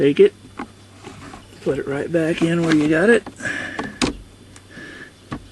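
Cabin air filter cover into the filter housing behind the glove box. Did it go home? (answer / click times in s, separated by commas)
yes / 4.0 s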